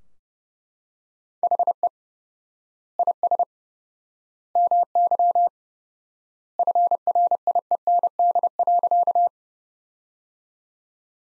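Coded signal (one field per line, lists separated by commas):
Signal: Morse code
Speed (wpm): 32 wpm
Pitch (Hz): 700 Hz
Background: none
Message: HE IS MY FRIEND.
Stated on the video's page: Morse practice sentences from the top 300 words at 30 wpm with 4x word spacing, a word-based analogue of Farnsworth spacing.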